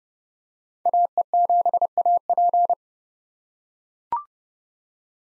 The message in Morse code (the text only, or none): AE7AP